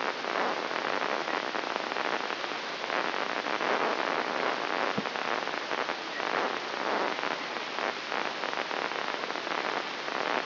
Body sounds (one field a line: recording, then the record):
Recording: brain microelectrode recording played as sound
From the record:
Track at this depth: outside the subthalamic nucleus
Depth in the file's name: -0.683 mm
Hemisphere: left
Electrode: 3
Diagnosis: Parkinson's disease